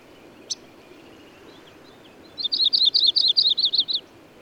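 Bird song: a single sharp click and a few faint thin notes, then a short, bright trill of rapid, chirpy notes.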